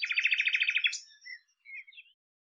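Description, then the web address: Bird song opening with a fast rattling trill of many quick notes, followed by a few soft scattered chirps. "cianscape birddata Deverinetal 2025"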